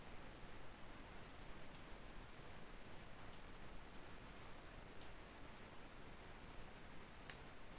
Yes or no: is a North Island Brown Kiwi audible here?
no